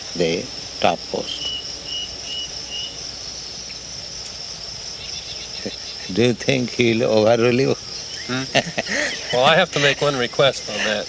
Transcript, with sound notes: the top post. Do you think he will overrule you? [laughs]
Well, I have to make one request on that.